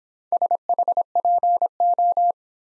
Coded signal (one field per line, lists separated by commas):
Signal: Morse code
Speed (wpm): 25 wpm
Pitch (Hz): 700 Hz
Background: none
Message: SHPO